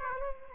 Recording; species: mosquito wingbeat signal from an infrared sensor; Aedes aegypti